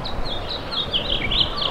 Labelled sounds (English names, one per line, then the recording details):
House Finch song
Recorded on Long Island, New York, on 24 June 2012
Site SO
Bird A